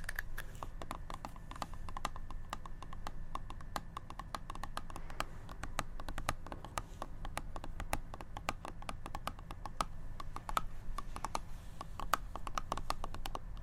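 ASMR tapping: quick, irregular sharp taps sounding densely throughout, over a steady low rumble, with a few slightly louder clicks near ten seconds.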